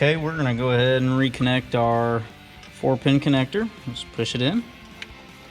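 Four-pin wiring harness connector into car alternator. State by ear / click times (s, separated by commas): seated / 5.0 s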